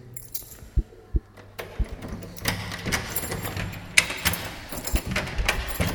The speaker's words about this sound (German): In der Zwischenzeit bin ich hier im Studio angekommen. Wenn ich jetzt den richtigen Schlüssel rausfinde.